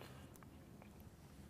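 A flex cable connector is handled above its socket on an iPhone 4S/iPhone 4 logic board, ready to be pressed in. Only a low, steady hum with a few faint, brief ticks is heard, and nothing has seated or clicked yet.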